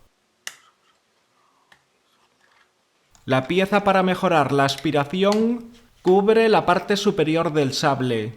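Pushing the outer tab of the plastic clean-cut anti-splinter insert on a jigsaw base plate releases it with a sharp snap at 0.5 s, and the insert pops out. A faint tick follows at 1.7 s amid near silence, then from about 3.2 s someone talks for the rest of the clip.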